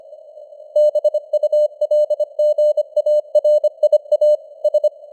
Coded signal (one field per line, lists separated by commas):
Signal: Morse code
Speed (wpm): 25 wpm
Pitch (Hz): 600 Hz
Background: none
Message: BULGARIA S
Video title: Morse Code News | 2025-12-03 | 25wpm